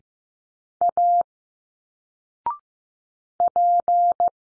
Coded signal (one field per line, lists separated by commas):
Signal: Morse code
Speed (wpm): 15 wpm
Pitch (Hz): 700 Hz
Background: none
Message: A P